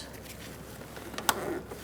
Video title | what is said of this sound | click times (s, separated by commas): How to Replace Grille 2014-2019 Kia Soul | Make sure you hear that click. | 1.3 s